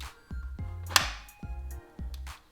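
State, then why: Seated. A graphics card's gold fingers are pushed into a motherboard PCIe slot with a locking lever, and the lever pops up and snaps into place with a single sharp, loud click at 1.0 s over steady background music. Softer knocks follow, and the card is seated and locked in.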